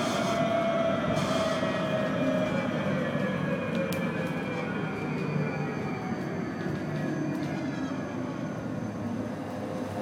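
A tram rolls along with a steady, dense rumble of wheels on rails and a low droning hum. Faint metallic squeals and tones drift slowly downward through the middle. Brief clicks and rattles sound around four, seven and nine seconds.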